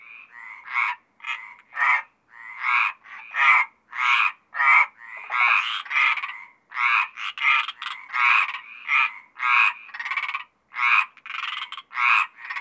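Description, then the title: Mediterranean tree frogs keeping up a busy chorus of short, grating croaks, several frogs overlapping in a fast, irregular rhythm throughout. Several Mediterranean tree frogs recorded at Apt, Vaucluse, France, in June 2010. "Sylvain Jaskowiak - Animus. Rainettes méridionales - Apt, Vaucluse - juin 2010"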